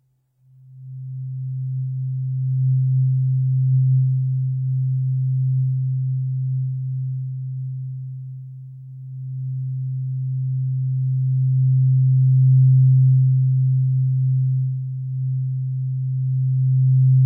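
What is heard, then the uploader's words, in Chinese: A tuning fork sounds a low, pure, steady tone that starts about half a second in and holds for the whole clip. Its loudness swells slightly, dips near nine seconds, then rises again as a faint higher overtone joins above it. 音叉疗愈。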